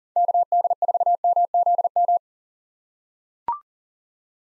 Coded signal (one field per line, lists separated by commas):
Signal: Morse code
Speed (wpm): 40 wpm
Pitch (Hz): 700 Hz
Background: none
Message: KD4MZM